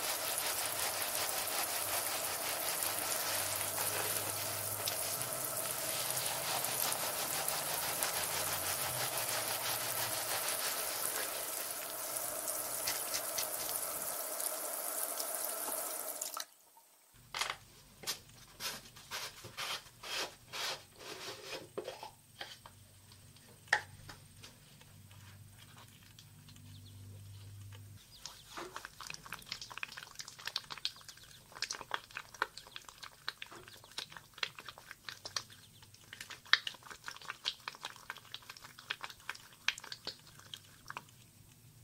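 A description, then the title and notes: A head spa session in first person begins with a steady, dense hiss of running water or steam for about sixteen seconds. It then cuts to quieter, irregular brushing and soft rubbing, with frequent small crackles and taps, growing busier after twenty-eight seconds. TimASMR-First Person Head Spa Hair Wash, Brushing, Oil Ear Massage, Steam Mask (no talking).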